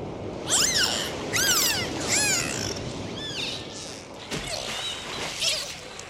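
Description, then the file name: Dolphin whistles, arched rising-falling tones with strong harmonics repeated about once a second, then fainter whistles and clicks against constant background hiss. "Zvuki prirody - Delfiny"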